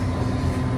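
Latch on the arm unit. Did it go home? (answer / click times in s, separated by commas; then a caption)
no / none. A latch on an arm unit is handled as it is being closed, but it has not seated or clicked yet within this short stretch. A steady, low rumbling hum with broadband noise holds at an even level throughout, with no sharp transients.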